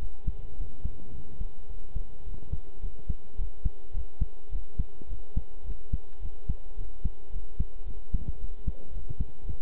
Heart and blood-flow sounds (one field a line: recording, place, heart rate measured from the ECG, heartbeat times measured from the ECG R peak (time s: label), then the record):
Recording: heart sounds by stethoscope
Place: between the tricuspid and mitral areas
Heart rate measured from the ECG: 108 bpm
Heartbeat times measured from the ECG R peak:
0.55 s: heartbeat
1.11 s: heartbeat
1.67 s: heartbeat
2.24 s: heartbeat
2.80 s: heartbeat
3.36 s: heartbeat
3.92 s: heartbeat
4.50 s: heartbeat
5.07 s: heartbeat
5.64 s: heartbeat
6.20 s: heartbeat
6.76 s: heartbeat
7.31 s: heartbeat
7.85 s: heartbeat
8.38 s: heartbeat
8.91 s: heartbeat
9.44 s: heartbeat
From the record:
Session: pedaling a stationary bicycle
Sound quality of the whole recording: good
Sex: male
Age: 23 years